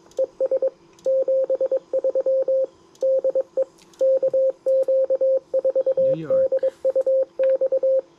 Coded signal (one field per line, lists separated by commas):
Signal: Morse code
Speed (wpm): 22 wpm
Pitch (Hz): 530 Hz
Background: speech, radio noise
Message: ES 73 DE KQ4DUX